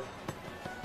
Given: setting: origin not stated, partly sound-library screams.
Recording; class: one-second piece from a danger detection set; normal situation